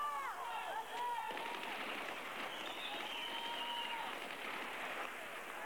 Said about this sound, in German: Plötzlich fallen wieder Schüsse.